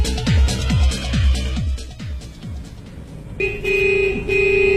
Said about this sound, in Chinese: 哎，真讨厌， 噪音噪音， 真的讨厌。 我真伤心。 为了城市的环境和大家的健康，请您不要随意按喇叭。